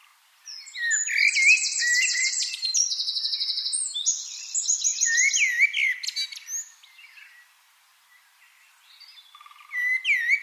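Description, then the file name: Eurasian wren song opening with long, fast, shrill trills, followed by jumbled high notes, a quiet gap, and a new burst starting at the end. "Troglodytes troglodytes"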